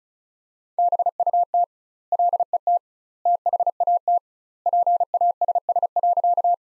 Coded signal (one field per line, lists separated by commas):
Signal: Morse code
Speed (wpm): 34 wpm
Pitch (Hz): 700 Hz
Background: none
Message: BUT LET THAT PASS.